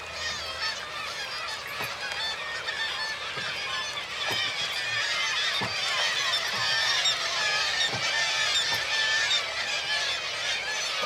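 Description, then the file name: Gull flock calling, a steady wall of mewing and squealing cries that grows slightly louder, with gentle watery knocks and splashes now and then. Large group of gulls at a marina, with water lapping. "birds seagulls large group marina water lapping"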